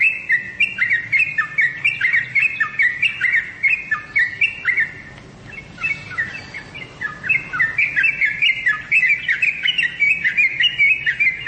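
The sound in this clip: Songbird chirping in fast bursts of squeaky, slurred notes, a short lull near the middle, then the rapid twittering resumes to the end.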